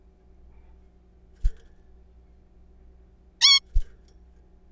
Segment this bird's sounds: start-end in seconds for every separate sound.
3.41-3.60